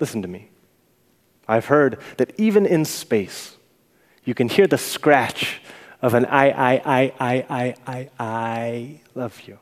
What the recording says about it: Even now, after hundreds of hours practicing away my stutter, I still feel the claw of meaning in the bottom of my throat.